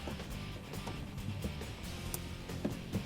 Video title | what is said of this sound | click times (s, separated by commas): Easy Truck Makeover with LED Light Upgrade - Do It Yourself and Get Lit! | that positive click there and I get | 2.1 s